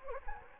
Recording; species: mosquito wingbeat signal from an infrared sensor; Anopheles gambiae